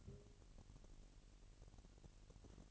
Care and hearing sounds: daily activity, microphone in the room; take from stove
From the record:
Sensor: 4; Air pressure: 1002.9 hPa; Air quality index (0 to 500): 248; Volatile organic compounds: 12 ppm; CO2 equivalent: 2331 ppm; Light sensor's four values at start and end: 8/19/7/7 and 8/18/7/7

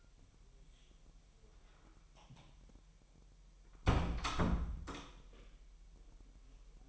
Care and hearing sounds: daily activity, microphone in the room; close door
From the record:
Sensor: 1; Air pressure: 1001.2 hPa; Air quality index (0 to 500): 249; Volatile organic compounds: 144 ppm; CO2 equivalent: 3994 ppm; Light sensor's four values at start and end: 12/29/12/13 and 12/28/11/12

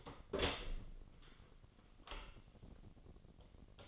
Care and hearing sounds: daily activity, microphone in the room; open door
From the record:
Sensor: 4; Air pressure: 1010.1 hPa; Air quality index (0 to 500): 196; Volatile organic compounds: 3 ppm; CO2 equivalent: 1408 ppm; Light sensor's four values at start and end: 38/92/38/40 and 36/88/36/39

